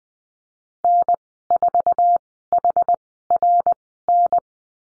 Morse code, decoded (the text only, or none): N4HRN